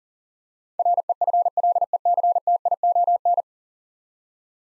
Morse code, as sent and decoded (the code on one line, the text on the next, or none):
.-. . ..-. .-.. . -.-. - .. --- -.
REFLECTION